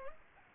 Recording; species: mosquito wingbeat signal from an infrared sensor; Culex pipiens